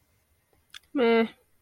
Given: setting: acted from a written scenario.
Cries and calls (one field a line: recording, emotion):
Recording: vocal sound without words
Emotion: neutral